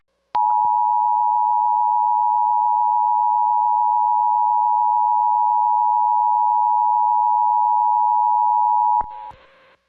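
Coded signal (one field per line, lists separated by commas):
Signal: Emergency Alert System (SAME) tones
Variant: 853 and 960 Hz attention tone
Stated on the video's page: EAS tones and messages sounding over live local TV tornado coverage.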